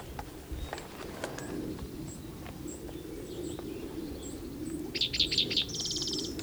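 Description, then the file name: Spotted Towhee song: a few quick introductory notes, then a fast buzzy trill near the end, with thin high chips repeating in the background over low rumbling noise. Recorded 12 June 2009 in Cicero; the recordist counted the songs aloud. "Cicero 12 Jun 2009 Pmaculatus"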